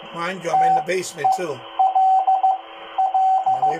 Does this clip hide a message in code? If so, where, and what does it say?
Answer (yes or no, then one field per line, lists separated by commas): yes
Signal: Morse code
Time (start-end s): 0.5-3.7 s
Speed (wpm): 15 wpm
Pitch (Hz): 760 Hz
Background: speech, radio noise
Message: TELL